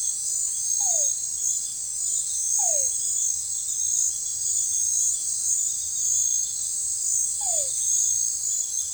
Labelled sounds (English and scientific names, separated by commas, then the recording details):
none
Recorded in forest near Pivijay, Magdalena, Colombia, on 16 April 2023 at 21:00
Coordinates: 10.467, -74.380
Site Z5-G034